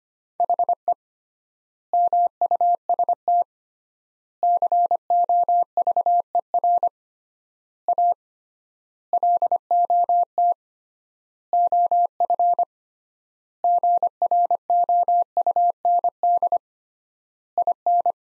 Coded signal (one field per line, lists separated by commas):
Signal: Morse code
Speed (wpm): 25 wpm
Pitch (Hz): 700 Hz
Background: none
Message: HE MUST COVER A LOT OF GROUND IN